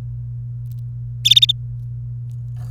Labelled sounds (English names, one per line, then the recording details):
Domestic Canary song
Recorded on 29 April 2018 at 16:39
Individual llb3